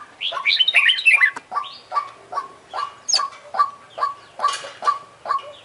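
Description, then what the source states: Oriental magpie-robin song: harsh chattering phrases at first, then short notes repeated at a steady pace with brief high flourishes. Champion bird singing prolifically ('gacor'); part of a selected compilation of tutoring bird songs ('masteran').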